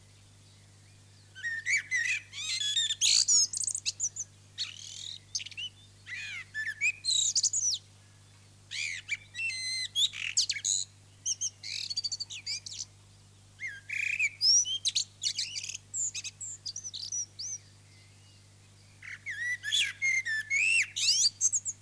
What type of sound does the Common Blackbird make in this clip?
song